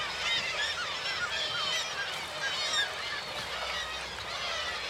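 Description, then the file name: Gulls, many at once, giving a constant tangle of wailing and yelping calls, some rising and falling, filling the whole stretch without a break. Large group of gulls at a marina. "birds seagulls large group marina water lapping"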